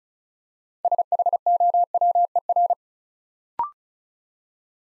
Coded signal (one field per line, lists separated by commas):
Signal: Morse code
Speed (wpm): 36 wpm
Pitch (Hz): 700 Hz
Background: none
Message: SHOWER